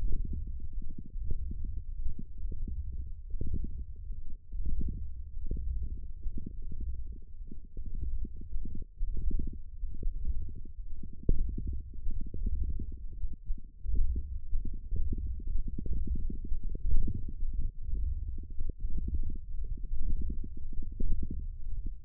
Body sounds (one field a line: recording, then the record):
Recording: forearm muscle sounds (acoustic myography)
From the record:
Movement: wrist extension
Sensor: system 1, eight BSWA MPA416 microphones around the upper forearm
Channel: 7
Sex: male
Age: 21 years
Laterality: right